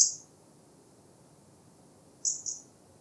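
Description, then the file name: European robin giving high, thin call notes, a single one at the start and a close pair near the end, with soft steady hiss behind. "Erithacus rubecula"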